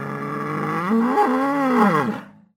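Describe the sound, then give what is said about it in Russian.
A huge tentacled water monster, struck between the eyes by a large thrown stone, lets out one long, loud, brassy roar with rich harmonics. Its pitch swells upward midway, then it trails off abruptly, with no voices present. “Животное заревело, словно иерихонская труба.”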